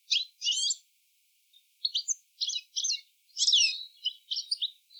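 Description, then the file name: European Goldfinch giving bright, tinkling twittered calls in short bursts, with brief pauses between phrases. "Carduelis carduelis"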